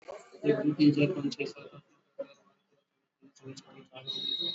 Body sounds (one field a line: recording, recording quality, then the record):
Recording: counting at a fast pace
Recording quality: poor, much background noise or distortion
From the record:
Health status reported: exposed to COVID-19, no respiratory illness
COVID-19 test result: not tested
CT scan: not taken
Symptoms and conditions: none ticked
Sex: male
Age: 37 years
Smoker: no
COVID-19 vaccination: both doses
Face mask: worn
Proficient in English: yes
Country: India